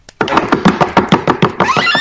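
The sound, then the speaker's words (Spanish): A quick run of rhythmic foot stomps, zapateado dance steps made by a man arriving and opening the door, about nine sharp, loud thuds in steady succession, ending with a brief tonal squeal. “Zapateo. Si se escucha. Eso soy yo llegando, ¿cachai?”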